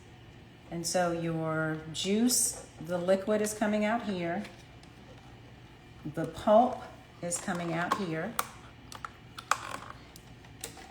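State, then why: Seated. Someone talks while an assembled plastic juicing chamber of a Nama juicer is set onto its motor base, followed by a few light plastic clicks and taps. A sharp snap at 9.5 s marks the chamber locking onto the base, seated and ready for use.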